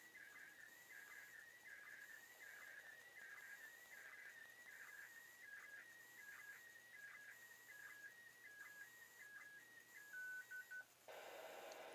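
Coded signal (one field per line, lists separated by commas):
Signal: SSTV (slow-scan television)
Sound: warbling, chirping tone with steady rhythmic ticks, ending in stepped beeps then hiss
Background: radio static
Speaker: See if I can hang on here to the end.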